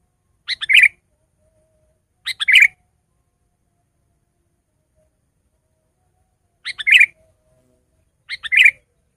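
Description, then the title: Sooty-headed bulbul uttering four short, rich, gurgling phrases, two close together early on, then two more after a long silence. "kutilang"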